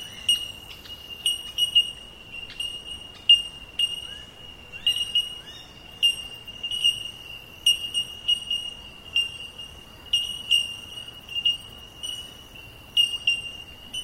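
Bellbird pings repeated many times, high and metallic, over a steady ringing chorus with a few faint chirps.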